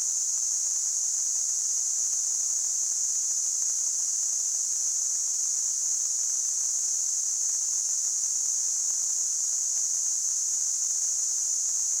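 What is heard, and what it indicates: Simulated tinnitus: a steady, unchanging high-pitched hiss, a narrow band of noise centered around 6 to 7 kHz, with nothing in the low frequencies.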